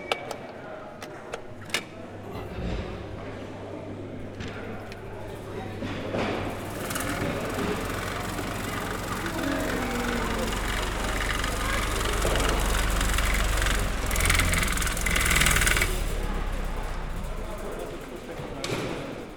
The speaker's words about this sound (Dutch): dat was de ventilator, dat ging niet helemaal goed.